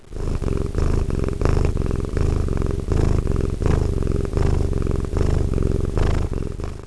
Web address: animali gatti gatti cats